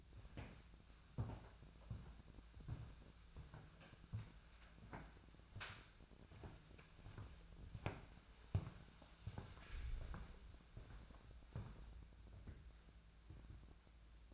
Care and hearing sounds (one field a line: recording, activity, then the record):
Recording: daily activity, microphone in the room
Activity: walk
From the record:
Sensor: 2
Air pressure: 1008.2 hPa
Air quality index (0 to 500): 180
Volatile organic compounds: 10 ppm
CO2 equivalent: 2218 ppm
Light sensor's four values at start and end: 13/31/13/14 and 13/32/13/14